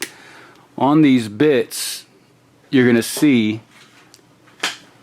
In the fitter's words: to insert the bit and you got to keep it pulled out till that bits in there and it's going to lock into place